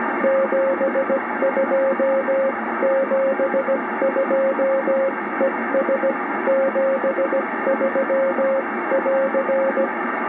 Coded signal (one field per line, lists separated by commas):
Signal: Morse code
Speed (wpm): 15 wpm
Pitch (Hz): 560 Hz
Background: radio noise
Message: 72 72 ES 73<AR>